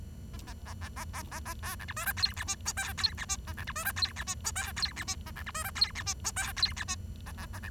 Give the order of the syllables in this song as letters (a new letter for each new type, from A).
A A A A A A A A B C D E F G H I J K G H I A C D E F G H I J K G H I A C D E F G H I J K G H I A A A C